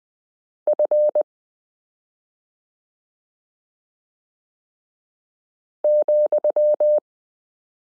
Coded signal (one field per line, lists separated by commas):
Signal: Morse code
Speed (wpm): 20 wpm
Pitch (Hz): 600 Hz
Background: none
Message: F ,